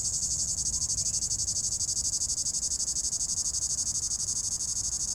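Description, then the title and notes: Cicada song as a sustained shrill drone, throbbing regularly about four times each second, with a quiet low rumble beneath. In an apple tree at the top of the Côte de Groisin, Chindrieux, France; 32°; traffic on the RD991; Zoom H4n Pro, preamp level 100. "3029 Rte d'Aix, 73310 Chindrieux, France - cigale. Cigale dans un pommier au sommet de la côte de groisin, il fait 32°"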